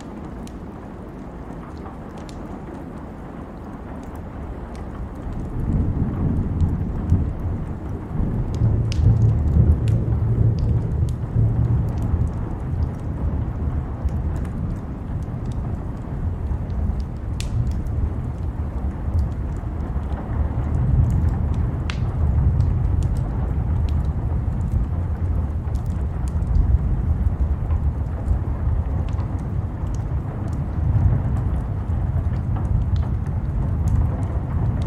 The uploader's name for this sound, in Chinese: 雨夜火炉